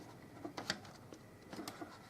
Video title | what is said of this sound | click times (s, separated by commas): Brother HL-1210w Mono Laser Printer Unboxing Test And Review | I just kind of pushed it in that way and then push these down and it clicked into place | 0.7 s